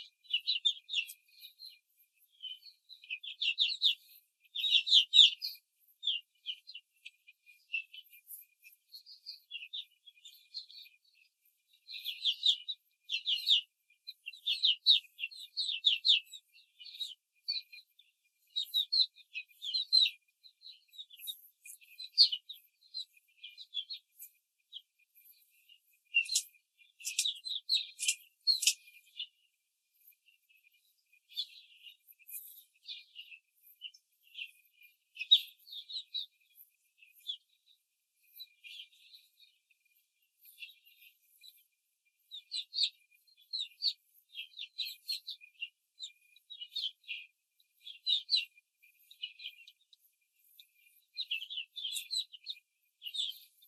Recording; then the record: young laying hens in a cage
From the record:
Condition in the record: control cage, before the stress test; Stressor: none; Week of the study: 4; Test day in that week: 1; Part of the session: 1